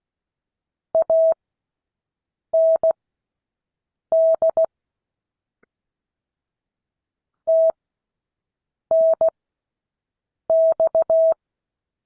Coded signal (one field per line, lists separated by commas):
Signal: Morse code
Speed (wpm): 16 wpm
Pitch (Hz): 650 Hz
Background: none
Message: AND TNX